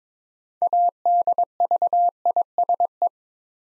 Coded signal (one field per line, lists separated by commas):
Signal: Morse code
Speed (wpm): 22 wpm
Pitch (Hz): 700 Hz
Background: none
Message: ADVISE